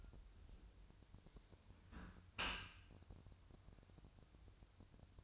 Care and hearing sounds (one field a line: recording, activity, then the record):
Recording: daily activity, microphone in the room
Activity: close dishwasher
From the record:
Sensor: 2